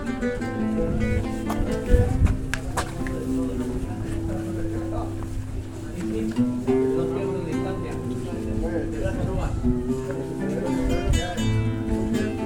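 A sound walk in Cadaqués: a dense, steady mix of sustained tones, murmuring voices, and scattered sharp clicks and knocks throughout.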